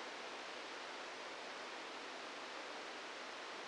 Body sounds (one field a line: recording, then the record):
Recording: brain microelectrode recording played as sound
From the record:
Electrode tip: inside the subthalamic nucleus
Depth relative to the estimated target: 1 mm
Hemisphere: left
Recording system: NeuroSet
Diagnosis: Parkinson's disease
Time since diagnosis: 27 years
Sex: male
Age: 62 years